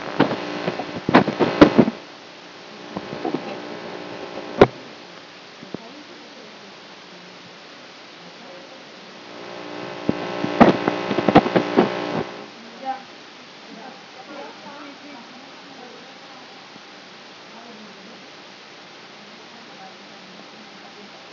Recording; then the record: brain microelectrode recording played as sound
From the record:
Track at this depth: outside the subthalamic nucleus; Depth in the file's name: 0.048 mm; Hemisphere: left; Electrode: 3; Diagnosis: Parkinson's disease